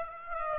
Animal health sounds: mosquito wingbeat signal from an infrared sensor; Aedes aegypti

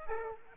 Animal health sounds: mosquito wingbeat signal from an infrared sensor; Aedes aegypti

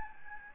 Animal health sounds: mosquito wingbeat signal from an infrared sensor; Aedes albopictus

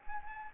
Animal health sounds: mosquito wingbeat signal from an infrared sensor; Anopheles arabiensis

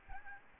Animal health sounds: mosquito wingbeat signal from an infrared sensor; Aedes albopictus

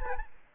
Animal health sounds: mosquito wingbeat signal from an infrared sensor; Aedes albopictus

